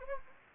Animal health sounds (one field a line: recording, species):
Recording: mosquito wingbeat signal from an infrared sensor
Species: Anopheles gambiae